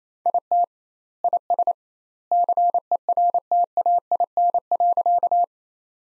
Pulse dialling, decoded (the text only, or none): none